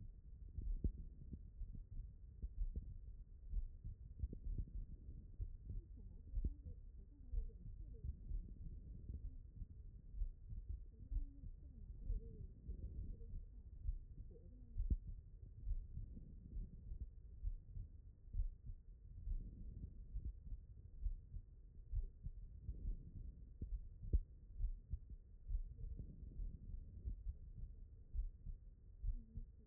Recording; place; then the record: heart sounds by stethoscope; pulmonary valve (PV)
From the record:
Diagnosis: non-HFrEF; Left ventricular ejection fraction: 68%